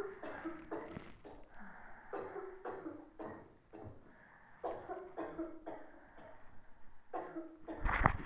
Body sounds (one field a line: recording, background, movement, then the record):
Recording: deep breathing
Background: a bystander coughing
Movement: sitting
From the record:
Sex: female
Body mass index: 18.8 kg/m2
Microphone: on the chest, facing the body